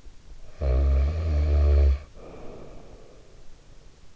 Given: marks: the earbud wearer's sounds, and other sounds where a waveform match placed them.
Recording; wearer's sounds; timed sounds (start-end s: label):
sounds in sleep by an in-ear microphone; snoring breath
0.03-3.97 s: snoring breath